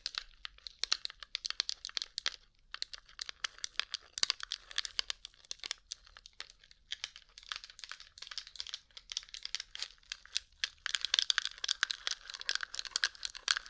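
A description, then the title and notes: Rhinestone-covered surface tapped with fast, dense, bright clicks and crinkly scratches, continuing unevenly throughout with brief pauses and busier stretches near the end. ASMR Rhinestone Covered Tapping 3Dio (No Talking).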